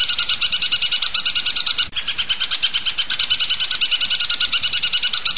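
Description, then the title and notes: Long-tailed shrike song: dense run of quick, scratchy notes, a short gap near two seconds, then the rapid chattering carries on steadily. Tembakan song style, variation 5; master recording for tutoring songbirds. "Suara Burung Cendet Tembakan Variasi 5. Masteran Burung Cendet"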